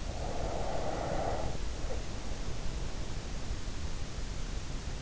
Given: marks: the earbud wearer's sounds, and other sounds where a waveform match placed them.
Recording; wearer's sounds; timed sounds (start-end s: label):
sounds in sleep by an in-ear microphone; breath
0.09-3.23 s: breath